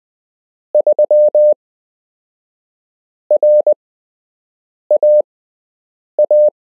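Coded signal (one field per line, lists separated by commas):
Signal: Morse code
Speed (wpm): 20 wpm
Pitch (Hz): 600 Hz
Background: none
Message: 3 RAA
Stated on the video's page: Beginner Morse code lesson with structured lesson plan and real Morse code to learn, final part of an eight-part course.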